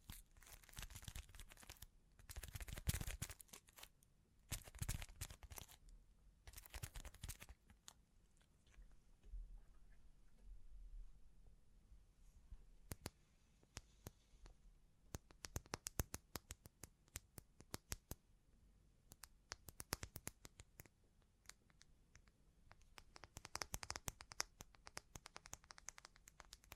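Bling triggers: dense, crinkly rustling bursts fill the first seven seconds, then a quieter stretch follows. From about 13 to 20 seconds sharp, bright clicks and taps arrive in quick irregular runs, and crisp crackling returns near the end.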